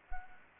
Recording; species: mosquito wingbeat signal from an infrared sensor; Anopheles arabiensis